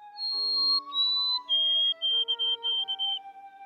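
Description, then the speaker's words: White-throated Sparrow whistled song: long high clear notes stepping down, ending in a series of quick repeated whistles over steady low musical tones. Male song played to females hormonally charged for breeding season in a brain-imaging study; it lit up their mesolimbic reward pathway, as the song of a potential mate. "You might say the sparrows were, at the neural level, turned on by the songs of a potential mate."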